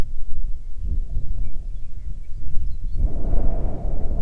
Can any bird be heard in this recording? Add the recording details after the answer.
no. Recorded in the Prudhoe Bay oil fields, Alaska, on 9 June 2019 at 16:53. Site 21